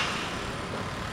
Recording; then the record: background sound without coughing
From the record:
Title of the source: 30 MINUTES Construction Site Ambience (CC BY 4.0)